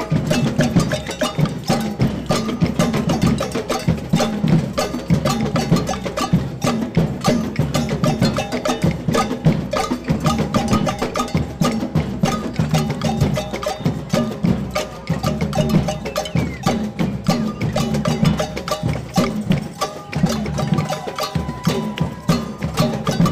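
Drums and metal percussion pound on a street during a student protest in Montreal, a dense, steady rhythm of rapid hits running the whole time. Low drum thumps sit under bright clanking, bell-like strikes, with a crowd murmur mixed in.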